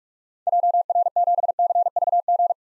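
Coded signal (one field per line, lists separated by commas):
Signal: Morse code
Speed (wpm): 42 wpm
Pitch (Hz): 700 Hz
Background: none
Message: JR7CVG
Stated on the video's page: Morse head-copy drill of common POTA activator call signs at 45 wpm.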